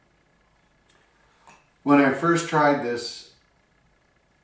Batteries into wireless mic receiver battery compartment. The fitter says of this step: and they snap right in.